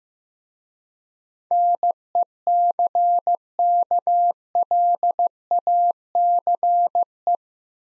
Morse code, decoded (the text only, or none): NECKLACE